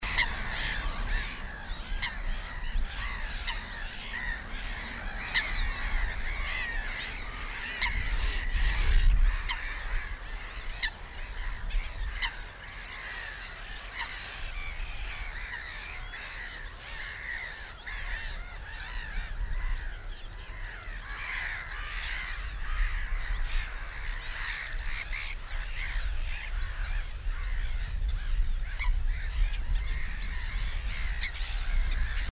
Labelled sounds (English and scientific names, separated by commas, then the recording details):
Eurasian Coot (Fulica atra) call, Eurasian Reed Warbler (Acrocephalus scirpaceus)
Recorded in the wild
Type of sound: call
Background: Larus ridibundus, Acrocephalus scirpaceus
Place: Schönerlinde, Naturpark Barnim, Brandenburg, DE
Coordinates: 52.6511, 13.4058
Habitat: pond
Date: 1991-06-09 10:55
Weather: partly sunny, 15 - 17 °C
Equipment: Marantz, Sennheiser ME 80, Kopie Tesla B 116
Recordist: Tembrock, Günter
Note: Schönerlinder Teiche. Zusammen mit Lachmöwe und Teichrohrsänger